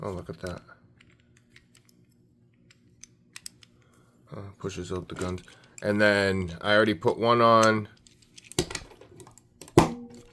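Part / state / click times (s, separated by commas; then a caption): plastic piece into the leg or weapon mount of a collectible robot figure / seated / 8.6 s, 9.8 s. Someone talks while pressing the second of two plastic pieces into the leg or weapon mount of a die-cast collectible Voltes V Legacy GX-118 robot figure during assembly. Loud, sharp snapping clicks sound at 8.6 s and 9.8 s. The piece is seated.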